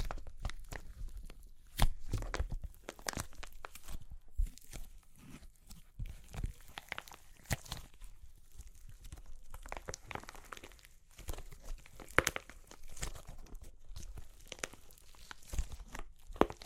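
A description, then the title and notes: Crunchy clay cracks and crumbles in a dense, irregular run of sharp snaps and gritty crackles, with no pause longer than a moment. Louder breaks stand out near 2, 7.5, 12 and 16 seconds over a constant low, rough rustle. Super Crunchy Clay Cracking (No Talking).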